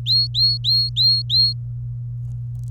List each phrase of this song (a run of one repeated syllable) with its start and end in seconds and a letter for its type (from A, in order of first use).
0.06-1.53 A